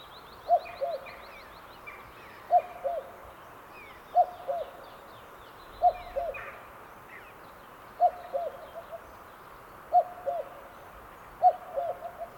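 Cuckoo calling a steady falling cu-coo roughly every two seconds, seven times, while other songbirds chirp and trill at higher pitch.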